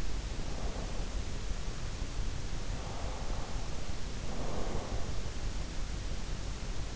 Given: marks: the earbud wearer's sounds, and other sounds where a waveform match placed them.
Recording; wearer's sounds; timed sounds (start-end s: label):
sounds in sleep by an in-ear microphone; breath
0.00-2.01 s: breath
2.56-5.16 s: breath